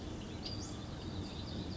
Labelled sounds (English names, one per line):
Western Flycatcher